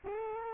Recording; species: mosquito wingbeat signal from an infrared sensor; Culex quinquefasciatus